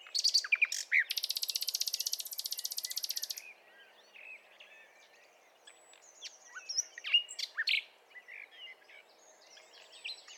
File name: Luscinia megarhynchos